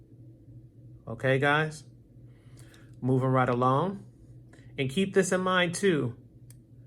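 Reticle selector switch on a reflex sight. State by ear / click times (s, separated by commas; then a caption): seated / 6.5 s. Someone talks while the reticle selector on a metal Feyachi RS-30 reflex sight is turned to the next reticle. A single sharp click at 6.5 s marks the selector locking into its detent, which it must do to hit targets precisely.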